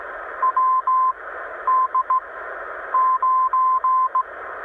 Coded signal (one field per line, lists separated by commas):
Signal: Morse code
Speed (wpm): 16 wpm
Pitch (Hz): 1040 Hz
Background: radio noise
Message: W D 9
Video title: CQ CQ CQ de WD9BGA EN53 2m SSB